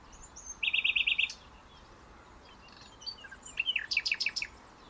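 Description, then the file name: Common nightingale song: a crisp, fast run of about six identical repeated notes, a pause with scattered soft chirps, then a second rapid series of loud ringing notes. "Luscinia megarhynchos"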